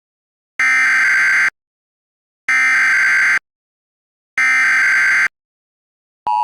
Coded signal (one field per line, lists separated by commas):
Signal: Emergency Alert System (SAME) tones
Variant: header bursts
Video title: EAS Scenario 9: Too Late.EXE